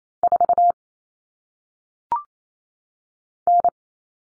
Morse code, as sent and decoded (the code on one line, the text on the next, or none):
....- / -.
4 N